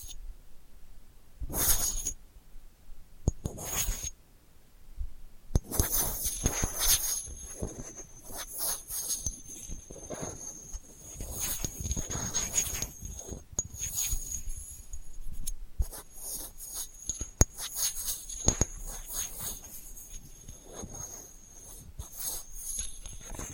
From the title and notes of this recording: ASMR Delicate Scratching for Sleep (No Talking).